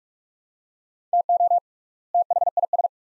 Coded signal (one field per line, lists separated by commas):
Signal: Morse code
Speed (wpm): 46 wpm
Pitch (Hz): 700 Hz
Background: none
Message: TO THIS